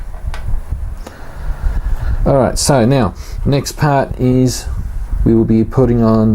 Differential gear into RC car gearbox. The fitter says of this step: you push it in keep pushing until you feel it go click and it stays in all